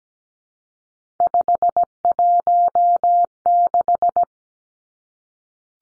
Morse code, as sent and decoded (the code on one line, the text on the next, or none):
..... .---- -....
516